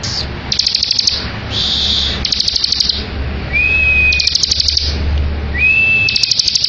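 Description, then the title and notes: Bar-winged prinia song: rapid dry buzzy rattles alternating with two drawn-out whistled notes, with a constant low hum underneath. Ngebren song style, used as a tutor recording for training white-rumped shamas. "Ciblek Ngebren Untuk Masteran Murai Batu. Suara burung ciblek - Suara Nada"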